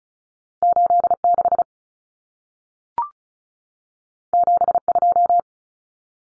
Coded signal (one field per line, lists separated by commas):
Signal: Morse code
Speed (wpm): 36 wpm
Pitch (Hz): 700 Hz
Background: none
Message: 86 72